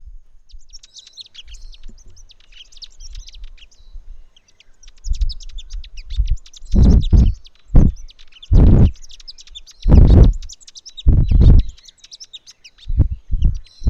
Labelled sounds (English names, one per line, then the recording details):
Amethyst Sunbird
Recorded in northern Uganda